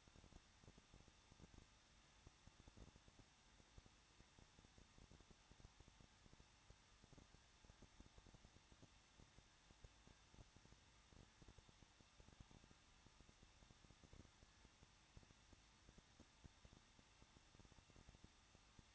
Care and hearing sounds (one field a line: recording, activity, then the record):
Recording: daily activity, microphone in the room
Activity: no activity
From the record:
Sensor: 3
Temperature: 21.2 degrees Celsius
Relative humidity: 36.3%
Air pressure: 1006.3 hPa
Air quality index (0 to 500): 222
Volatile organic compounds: 41 ppm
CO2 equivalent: 3161 ppm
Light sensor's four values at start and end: 2/3/2/2 and 2/3/2/2